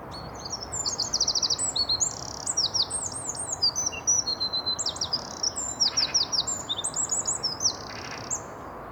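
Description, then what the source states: Eurasian wren song: a loud, bright, high-pitched outpouring of rapid trills and sharp notes in bursts for nearly eight seconds, with faint background hiss. Wrens live and nest in undergrowth and shrubs, sometimes singing from a branch; song described as really loud, bright, piercing and high-pitched.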